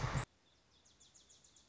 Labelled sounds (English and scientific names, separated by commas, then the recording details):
Wilson's Warbler (Cardellina pusilla)
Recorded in Sonoma County, California